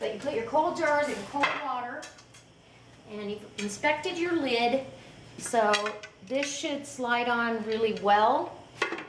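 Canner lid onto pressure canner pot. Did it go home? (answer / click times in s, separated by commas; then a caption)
yes / 8.8 s. A metal pressure canner lid is slid on and turned onto the pressure canner body while someone talks. A short metallic click at 8.8 s marks the lid snapping into place, seated.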